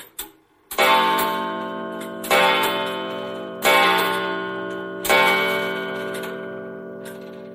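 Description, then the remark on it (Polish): A clock in Dworek Milusin, Marshal Piłsudski's manor house in Sulejówek, strikes four times at an even, unhurried pace, each loud, rich metallic tone ringing out and fading slowly before the next, with no voices. “Zegar.”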